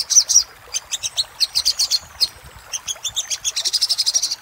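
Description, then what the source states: Little spiderhunter song: quick high-pitched chips, uneven at first, then speeding into a fast even run near the end. Master recording made for training caged songbirds.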